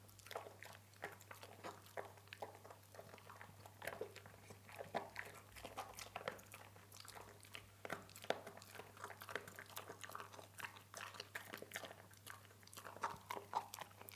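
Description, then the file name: Dog chewing food, a dense run of crisp crunching bites and clicks, some louder snaps, over a constant low hum. Eating. "Hund frisst"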